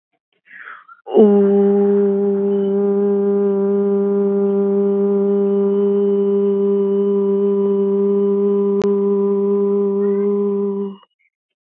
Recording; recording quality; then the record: sustained vowel as in boot; excellent, no background noise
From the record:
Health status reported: COVID-19 positive, no symptoms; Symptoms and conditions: sore throat, fatigue, muscle pain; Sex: female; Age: 24 years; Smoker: not ticked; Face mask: not worn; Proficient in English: yes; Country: India